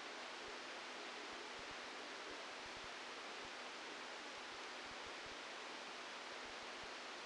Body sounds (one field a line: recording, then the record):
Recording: brain microelectrode recording played as sound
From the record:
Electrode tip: outside the subthalamic nucleus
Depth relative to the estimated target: 4 mm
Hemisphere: left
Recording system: NeuroSet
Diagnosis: Parkinson's disease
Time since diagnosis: 12 years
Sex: male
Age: 61 years